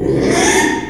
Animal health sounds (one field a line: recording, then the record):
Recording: squeal of a Yucatan mini pig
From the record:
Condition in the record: after surgery on the right vocal fold (resection and tissue-engineered implant)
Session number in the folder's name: 3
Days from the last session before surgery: 33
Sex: male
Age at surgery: 12 weeks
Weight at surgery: 13 kg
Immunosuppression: cyclosporine, prednisolone